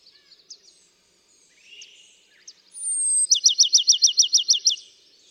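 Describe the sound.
Bachman's sparrow song: a sweet, high whistle leads into a rapid, evenly spaced trill of bright notes, preceded by soft scattered chips and a quiet buzzy phrase.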